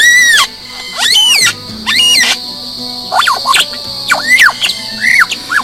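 A vulture gives a run of about seven loud, harsh squawks, some bending up or down in pitch and separated by short pauses, over a steady high insect-like drone.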